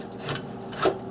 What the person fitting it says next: It pops into place